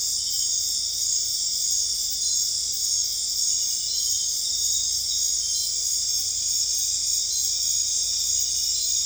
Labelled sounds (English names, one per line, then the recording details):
none
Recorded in dense forest near Puerto Asís, Putumayo, Colombia, on 26 December 2024 at 21:30
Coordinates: 0.485, -76.318
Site GP03